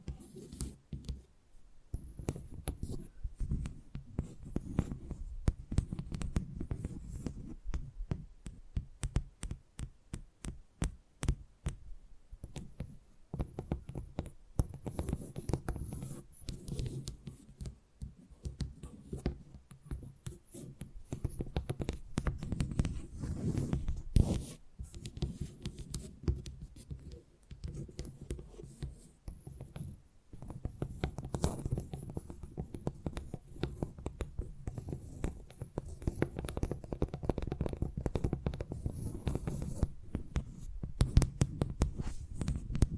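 Tapping sounds in quick, uneven bursts of soft thuds, mostly low and muffled, continuing densely throughout with brief pauses and occasional sharper clicks.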